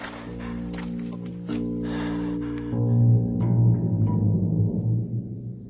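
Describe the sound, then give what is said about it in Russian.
A horse's hooves clop along at an unhurried walking pace as it is led by the rein down a hillock through thicket toward a gravel road, the uneven knocks sounding over a low, steady droning tone that swells louder toward the end. “Меж тим, ведучи на поводі коня, Войтик спустився з баравінки, продрався праз Олешкавы гушчар до гравейки.”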